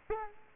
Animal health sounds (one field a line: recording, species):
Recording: mosquito wingbeat signal from an infrared sensor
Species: Culex quinquefasciatus